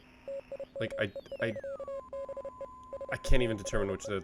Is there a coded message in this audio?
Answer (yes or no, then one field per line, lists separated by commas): yes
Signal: Morse code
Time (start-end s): 0.3-4.1 s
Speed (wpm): 29 wpm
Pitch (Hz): 550 Hz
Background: speech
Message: TIME. BE SURE